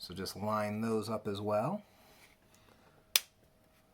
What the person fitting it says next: They'll just click right in.